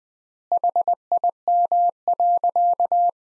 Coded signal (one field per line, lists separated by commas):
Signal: Morse code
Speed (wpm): 20 wpm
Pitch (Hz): 700 Hz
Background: none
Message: HIM.